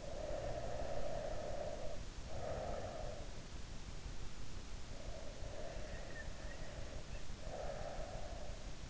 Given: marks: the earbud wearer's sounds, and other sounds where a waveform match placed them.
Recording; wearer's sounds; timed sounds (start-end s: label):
sounds in sleep by an in-ear microphone; breath
0.00-3.47 s: breath
4.83-8.67 s: breath